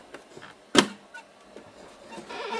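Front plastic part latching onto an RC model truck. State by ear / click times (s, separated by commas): seated / 0.8 s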